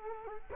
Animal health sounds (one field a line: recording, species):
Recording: mosquito wingbeat signal from an infrared sensor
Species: Culex quinquefasciatus